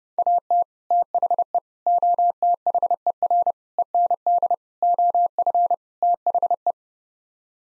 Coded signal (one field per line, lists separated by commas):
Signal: Morse code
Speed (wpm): 30 wpm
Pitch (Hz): 700 Hz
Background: none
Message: AT THE OTHER END OF THE